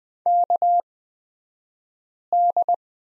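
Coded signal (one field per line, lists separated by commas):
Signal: Morse code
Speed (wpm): 20 wpm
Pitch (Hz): 700 Hz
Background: none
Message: KD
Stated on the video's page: Morse code course lesson on prosign BT, Farnsworth speed 20/10 wpm.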